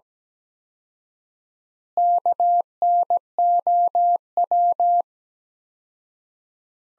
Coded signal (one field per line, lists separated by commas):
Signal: Morse code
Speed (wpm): 17 wpm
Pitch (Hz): 700 Hz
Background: none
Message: KNOW